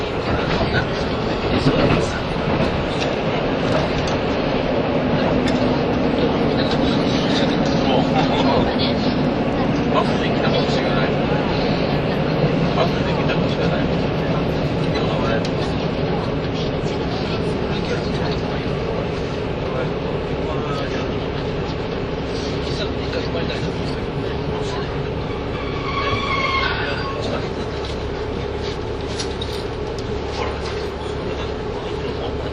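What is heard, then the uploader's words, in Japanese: A KiHa 85 series Hida No. 1 train runs with a steady low rumble and rattling, faint voices, and a brief bright squeal near 26 seconds. 1021,キハ85系 ひだ01号02 (飛騨金山)～飛騨古川。走行音(音の旅) 1021,キハ85系 ひだ01号。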